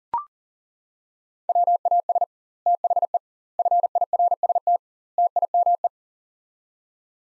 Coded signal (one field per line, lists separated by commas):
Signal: Morse code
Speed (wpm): 40 wpm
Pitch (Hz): 700 Hz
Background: none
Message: WAS THE FIRST TIME